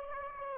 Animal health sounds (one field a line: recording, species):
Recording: mosquito wingbeat signal from an infrared sensor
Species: Aedes aegypti